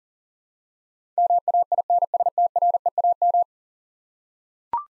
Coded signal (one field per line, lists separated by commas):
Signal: Morse code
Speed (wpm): 40 wpm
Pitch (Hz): 700 Hz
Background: none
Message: MAINSTREAM